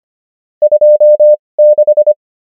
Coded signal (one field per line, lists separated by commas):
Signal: Morse code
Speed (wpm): 25 wpm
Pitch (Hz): 600 Hz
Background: none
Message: 26